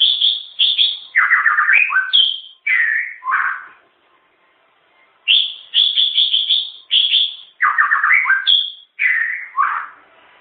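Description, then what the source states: White-rumped shama song: rich whistled and warbled phrases, some falling, others high and clear, in two bursts separated by a short pause. Malaysia.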